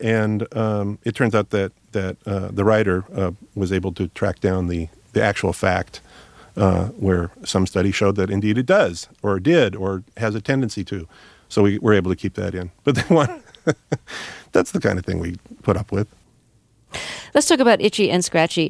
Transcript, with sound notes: And it turned out that the writer was able to track down the actual fact where some studies showed that, indeed, it does or did or has a tendency to. So we were able to keep that in. But that one - (laughter) that's the kind of thing we put up with.
Let's talk about "Itchy And Scratchy."